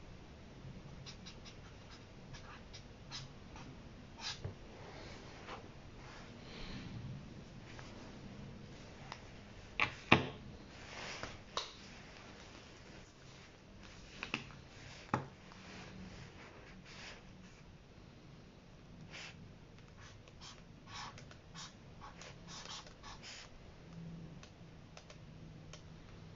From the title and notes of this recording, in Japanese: 本の「はじめに」ないしそれに当たる部分だけを読み、印象に残った一節を書き写しているときの音です。本の「はじめに」だけを読み、印象に残った一節を書き写す。